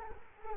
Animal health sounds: mosquito wingbeat signal from an infrared sensor; Culex quinquefasciatus

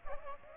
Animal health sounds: mosquito wingbeat signal from an infrared sensor; Aedes aegypti

